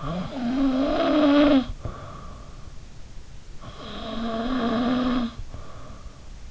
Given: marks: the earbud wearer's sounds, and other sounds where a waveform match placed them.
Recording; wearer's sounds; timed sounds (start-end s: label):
sounds in sleep by an in-ear microphone; snoring breath
0.00-2.74 s: snoring breath
3.58-6.30 s: snoring breath